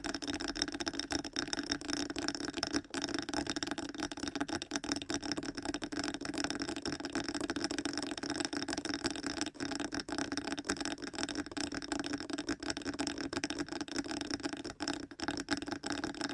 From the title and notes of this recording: ASMR Fast Ear Tapping (No Talking).